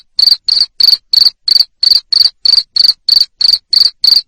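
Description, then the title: Cricket chirping continuously, crisp high pulses repeating roughly three times a second without a break. Loud cricket chirping played to stimulate lovebirds so they keep singing in the 'ngekek' style. "Suara JANGKRIK NGERIK Keras Bikin LOVEBIRD Jadi NGEKEK Terus Vubey"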